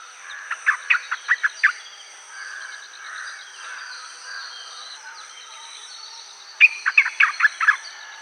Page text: White-Browed Bulbul Song. Quick Sounds